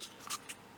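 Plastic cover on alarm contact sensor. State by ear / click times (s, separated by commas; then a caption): not seated / none. The plastic cover on an Ademco alarm contact sensor is handled and repositioned after it sat slightly off. Brief scuffs and light plastic rustling are heard, with short bright bursts near 0.3 s and 0.5 s. Nothing has seated or clicked yet.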